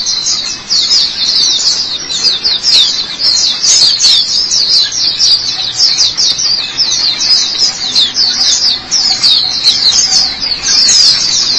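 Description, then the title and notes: White-eye song: a fast, continuous high twittering of thin, rapidly slurred chirps pouring out without a break for the whole stretch. "Suara kicauan burung pleci"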